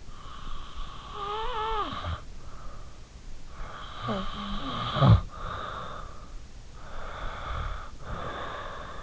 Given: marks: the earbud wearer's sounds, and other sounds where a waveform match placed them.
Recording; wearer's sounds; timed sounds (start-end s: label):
sounds in sleep by an in-ear microphone; snoring breath, breath
0.11-2.62 s: snoring breath
3.48-6.34 s: snoring breath
6.57-9.02 s: breath